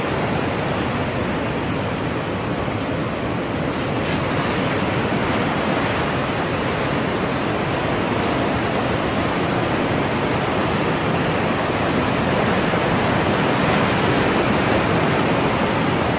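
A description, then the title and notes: Ocean waves make a steady, dense roar that fills everything from the low rumble to the bright hiss, with no clear swells or breaks across the sixteen seconds. The wash stays loud and even throughout, like constant surf churning. Ocean waves.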